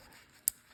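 A plastic ignition coil connector is pushed onto its ignition coil during spark plug replacement on a 2014 Honda CR-V. After a quiet, low-level background, a single sharp, very brief snap rings out at 0.5 s with bright high-frequency content. The connector clicks in and is seated.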